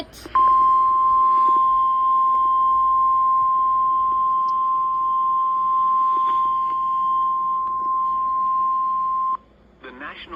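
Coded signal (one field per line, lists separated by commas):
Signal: Emergency Alert System (SAME) tones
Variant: 1050 Hz attention tone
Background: speech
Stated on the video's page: NOAA Weather Radio alerts, including a flood advisory and severe thunderstorm alerts.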